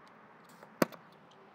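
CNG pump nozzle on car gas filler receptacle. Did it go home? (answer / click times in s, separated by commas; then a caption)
released / 0.8 s. After the natural-gas tank of a 2018 Skoda Octavia Combi G-Tec is full and the pressure has equalised, the metal CNG filling nozzle is unlocked and pulled off the car's CNG filler receptacle. A faint tick at 0.6 s is followed by a sharp crack at 0.8 s and a small tick at 0.9 s over a quiet background. The nozzle is released and nothing else happens.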